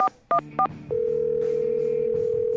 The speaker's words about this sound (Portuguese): E só pra não dizer que eu não tentei, olha só, eu vou ligar agora pra mais um político aqui. Vamos lá, esse eu acho que vai topar, né? Discando.